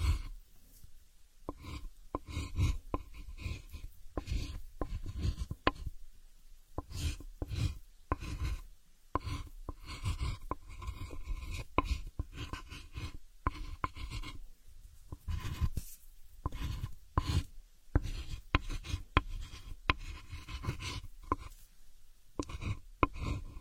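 Quick scratchy strokes of a pen or chalk drawing planets on a board, coming in dense, irregular bursts with short pauses between them. Some strokes are sharp taps, others longer rubbing scrapes. A faint steady hum sits underneath throughout.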